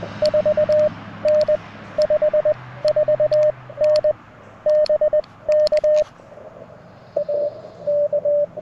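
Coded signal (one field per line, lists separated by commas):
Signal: Morse code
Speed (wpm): 20 wpm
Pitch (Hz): 590 Hz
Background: radio noise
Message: 4N 54N BK A K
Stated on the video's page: QRP CW Parks on the Air activation with a Mountain Topper MTR4B and BaMaKeY paddles, rough band conditions, weaker signals than normal.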